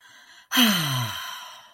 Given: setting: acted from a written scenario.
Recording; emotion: vocal sound without words; serenity